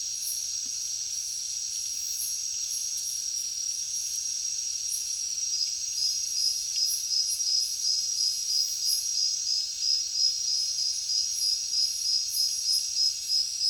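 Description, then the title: Cricket chorus: a continuous high trill that breaks into fast, regular chirp pulses in the second half, layered over fainter wavering insect buzzing. Heavy cricket chorus at night in a jungle. "alex productions ambient music nature. Jungle night heavy crickets"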